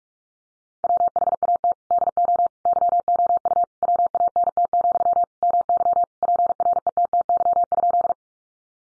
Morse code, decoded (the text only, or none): WHAT DO YOU WANT, MY PRETTY?